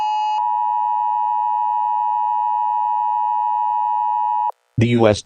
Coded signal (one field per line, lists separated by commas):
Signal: Emergency Alert System (SAME) tones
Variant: 853 and 960 Hz attention tone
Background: speech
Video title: Eas scenario: night of the living dead